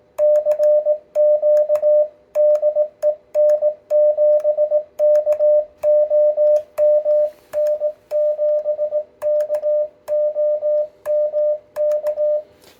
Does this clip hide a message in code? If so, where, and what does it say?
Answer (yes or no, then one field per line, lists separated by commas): yes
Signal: Morse code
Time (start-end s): 0.2-12.4 s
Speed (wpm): 18 wpm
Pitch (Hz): 600 Hz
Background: radio noise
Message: CQ DE N7KOM N7KOM K